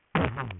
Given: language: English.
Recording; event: throat vibration sensor signal played as sound; throat clearing